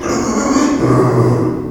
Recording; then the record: squeal of a Yucatan mini pig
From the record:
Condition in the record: before surgery on the right vocal fold (resection and tissue-engineered implant); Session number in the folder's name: 1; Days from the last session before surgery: -3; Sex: male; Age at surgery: 12 weeks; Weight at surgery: 13 kg